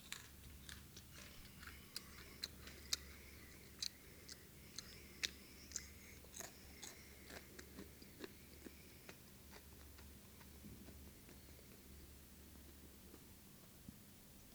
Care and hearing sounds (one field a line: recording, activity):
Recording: daily activity, guitar pickup as the sensor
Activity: eat